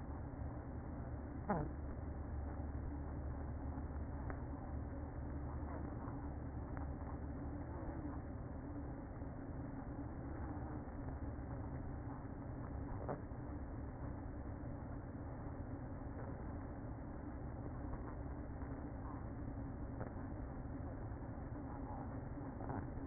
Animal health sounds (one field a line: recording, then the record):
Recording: honeybee colony, microphone inside the hive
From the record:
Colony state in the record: queen present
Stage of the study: after two queens were removed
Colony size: about 60,000 bees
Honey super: yes